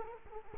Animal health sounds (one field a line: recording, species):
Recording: mosquito wingbeat signal from an infrared sensor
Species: Culex quinquefasciatus